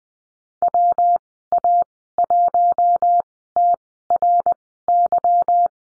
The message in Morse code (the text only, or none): WA1TRY